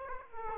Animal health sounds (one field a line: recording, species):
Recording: mosquito wingbeat signal from an infrared sensor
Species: Aedes aegypti